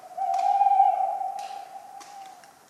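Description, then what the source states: Tawny owl with one sustained hoot that holds a steady pitch and slowly fades, with a few light clicks. Cold autumn night, 11 November 1995, at the Ménigoute ornithological film festival, France; a talkative owl; regular falling acorns.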